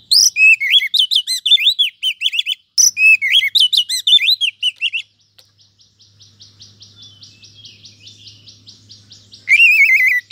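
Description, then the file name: Oriental magpie-robin song, a fast run of varied whistled and chattering notes in two bursts, then a soft rapid ticking series before loud whistles return at the end. "Suara Kacer"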